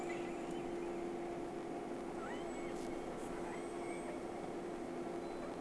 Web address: Sea Snake 10-3-06 Whales X 2 11-30 Round 1